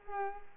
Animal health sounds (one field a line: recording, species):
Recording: mosquito wingbeat signal from an infrared sensor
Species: Culex pipiens